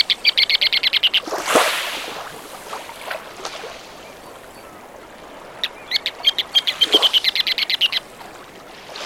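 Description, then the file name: Ruddy turnstone with two bursts of rapid, staccato chattering, separated by a loud rushing whoosh and a quieter gap. "Ruddy Turnstone - Arenaria interpres"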